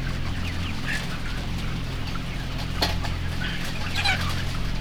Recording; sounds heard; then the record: poultry house recording; sick chickens (respiratory disease)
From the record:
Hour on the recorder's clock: 17